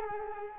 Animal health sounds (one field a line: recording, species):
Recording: mosquito wingbeat signal from an infrared sensor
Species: Culex quinquefasciatus